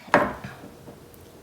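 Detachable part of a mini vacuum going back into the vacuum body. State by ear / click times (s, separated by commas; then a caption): seated / 0.1 s. A detachable part of a MOOSOO mini stick vacuum is put back into the vacuum body and snaps into place at 0.1 s with a single sharp click. A much fainter tick follows at 1.1 s. The part is seated.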